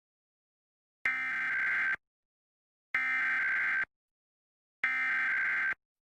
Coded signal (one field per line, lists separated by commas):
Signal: Emergency Alert System (SAME) tones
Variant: header bursts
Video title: Shrek opens the door to an EAS